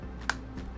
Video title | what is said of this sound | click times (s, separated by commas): Build: Clueboard | so I can hear it click just a little bit so I know | 0.3 s